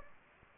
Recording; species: mosquito wingbeat signal from an infrared sensor; Anopheles gambiae